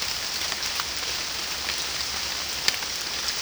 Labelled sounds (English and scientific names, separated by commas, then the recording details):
none
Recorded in dense forest near Puerto Asís, Putumayo, Colombia, on 21 March 2025 at 13:00
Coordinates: 0.484, -76.317
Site G064